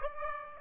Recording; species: mosquito wingbeat signal from an infrared sensor; Aedes aegypti